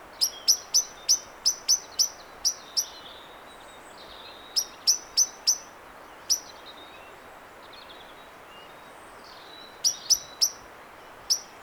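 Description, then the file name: Common blackbird sharp, clicky chink calls, given in quick bursts separated by silent gaps. "Turdus merula"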